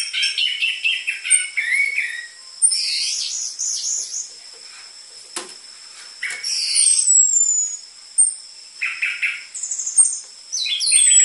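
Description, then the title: Orange-headed thrush singing scattered phrases of quick warbled and trilled notes with occasional high whistles, pauses between, and a steady insect-like high tone. Energetic orange-headed thrush song used as a lure to trigger singing and as dense filler material for tutoring spotted-form (trotol) orange-headed thrushes. "PANCINGAN Anis Merah Gacor Materi Isian Rapat Cocok Untuk MASTERAN Anis Merah TROTOL"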